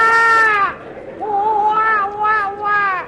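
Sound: infant crying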